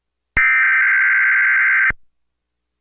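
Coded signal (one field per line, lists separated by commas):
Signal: Emergency Alert System (SAME) tones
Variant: header bursts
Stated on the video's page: Remake of an EAS test.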